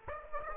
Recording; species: mosquito wingbeat signal from an infrared sensor; Aedes aegypti